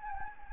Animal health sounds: mosquito wingbeat signal from an infrared sensor; Anopheles gambiae

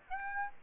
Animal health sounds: mosquito wingbeat signal from an infrared sensor; Aedes aegypti

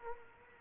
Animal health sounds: mosquito wingbeat signal from an infrared sensor; Culex quinquefasciatus

